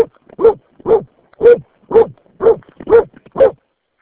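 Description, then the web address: Dog barking in a steady series of short mid-pitched barks, about two per second. "Santra koirat"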